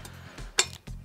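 A chair caster wheel's stem is pushed by hand into the socket of a plastic or metal five-star wheelbase over a steady low hum, with a few faint ticks around it. A sharp, bright click sounds at 0.6 s as the wheel snaps fully into the socket. The caster is seated, going straight in.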